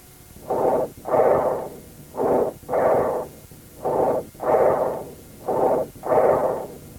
The tracheal breath sounds heard over trachea note the features of bronchial breath sounds.